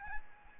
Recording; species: mosquito wingbeat signal from an infrared sensor; Aedes albopictus